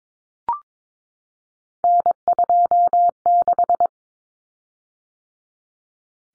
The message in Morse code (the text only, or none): N26